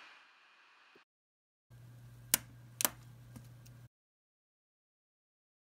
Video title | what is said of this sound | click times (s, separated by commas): MacBook Pro Retina Display AC07 hinge clip keyboard key cap installation guide | the key cap over the hinge once the line pushed down and it should snap into place | 2.3 s, 2.8 s